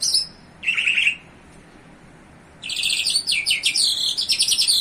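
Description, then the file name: Bimaculated lark song: a few high chirps and a short buzzy trill, a pause, then a long fast chattering run of high notes. Recorded in Iran. "iranian sound bimaculated lark"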